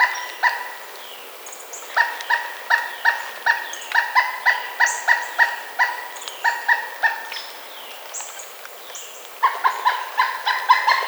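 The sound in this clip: Woodpecker calling in long rapid runs of short nasal notes, pausing briefly, then resuming; scattered higher thin notes also show.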